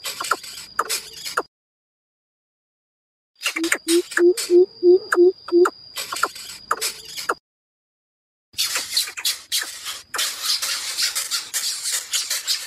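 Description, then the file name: Greater coucal calls: a quick string of low hoots among sharp clicks and a thin steady tone, then long stretches of breathy, hissing rasps. Chick calling its mother. "Tieng bim bip non keu goi me"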